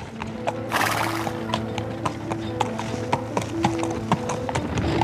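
The hooves of a horse pulling a hansom cab clip-clop in a steady, brisk rhythm from start to finish as it is turned and driven quickly toward the river, with a horse's neigh rising early on over a constant low rumble.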